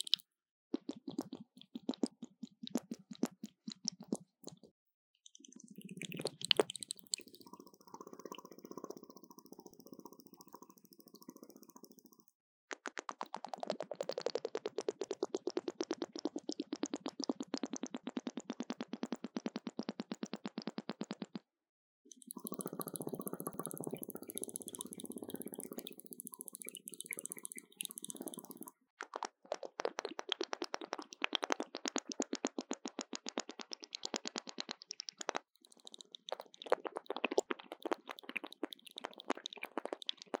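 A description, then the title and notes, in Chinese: A syringe draws up water in repeated bursts, each a dense run of rapid gurgling pops and bubbly clicks lasting several seconds, separated by short pauses. 針筒吸水發出噗哩噗哩或咚哩咚哩的聲音。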